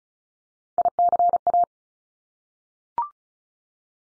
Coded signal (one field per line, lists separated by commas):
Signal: Morse code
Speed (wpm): 36 wpm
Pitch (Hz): 700 Hz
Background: none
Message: ICA